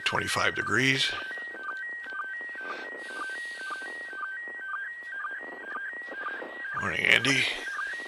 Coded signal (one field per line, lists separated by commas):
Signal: SSTV (slow-scan television)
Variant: PD 120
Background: speech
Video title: Live ISS SSTV pass